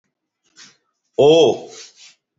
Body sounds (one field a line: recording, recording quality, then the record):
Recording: sustained vowel as in boot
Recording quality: excellent, no background noise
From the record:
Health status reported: healthy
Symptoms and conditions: none ticked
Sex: male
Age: 45 years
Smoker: not ticked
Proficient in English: yes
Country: India